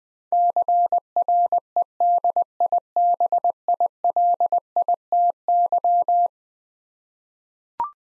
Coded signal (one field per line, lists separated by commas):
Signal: Morse code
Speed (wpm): 20 wpm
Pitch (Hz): 700 Hz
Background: none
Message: CREDIBILITY